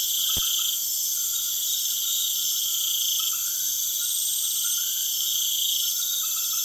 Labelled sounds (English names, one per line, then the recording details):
none
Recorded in secondary vegetation near Puerto Asís, Putumayo, Colombia, on 25 June 2025
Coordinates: 0.488, -76.319
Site G094